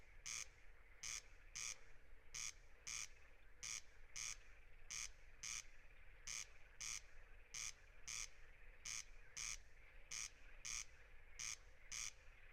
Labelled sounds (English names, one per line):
Corn Crake song